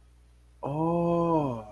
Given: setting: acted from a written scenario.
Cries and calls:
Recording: vocal sound without words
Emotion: awe

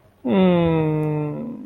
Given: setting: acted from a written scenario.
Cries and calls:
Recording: vocal sound without words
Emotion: disappointment

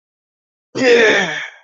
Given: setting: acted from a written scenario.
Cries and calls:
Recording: vocal sound without words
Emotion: pride

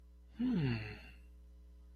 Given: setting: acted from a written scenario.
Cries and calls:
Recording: vocal sound without words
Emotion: interest

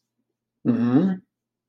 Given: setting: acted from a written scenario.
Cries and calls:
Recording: vocal sound without words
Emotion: neutral

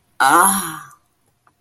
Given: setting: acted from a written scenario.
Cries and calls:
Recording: vocal sound without words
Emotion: ecstasy

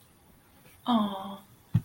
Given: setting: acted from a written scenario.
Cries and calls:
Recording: vocal sound without words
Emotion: adoration

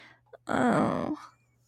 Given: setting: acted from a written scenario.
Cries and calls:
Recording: vocal sound without words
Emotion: guilt

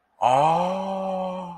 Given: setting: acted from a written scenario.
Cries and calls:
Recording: vocal sound without words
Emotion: awe

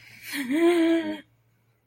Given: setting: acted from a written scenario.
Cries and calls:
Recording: vocal sound without words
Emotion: fear

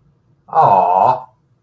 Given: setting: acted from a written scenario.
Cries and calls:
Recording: vocal sound without words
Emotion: adoration

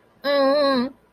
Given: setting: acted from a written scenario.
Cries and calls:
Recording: vocal sound without words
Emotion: embarrassment

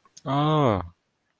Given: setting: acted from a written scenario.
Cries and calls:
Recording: vocal sound without words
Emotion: neutral

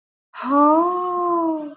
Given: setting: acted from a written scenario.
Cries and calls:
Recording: vocal sound without words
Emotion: sympathy

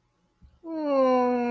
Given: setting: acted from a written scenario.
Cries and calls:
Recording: vocal sound without words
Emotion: adoration

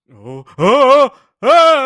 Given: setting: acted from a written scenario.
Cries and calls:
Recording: vocal sound without words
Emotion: fear

